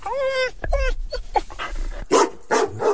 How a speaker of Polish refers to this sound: Ale jest też program, który ma podnosić aktywność czworonogów. Wtedy na ekranie pojawia się rzucana piłka, bawiące się i skaczące psy. W tle poszczekiwanie.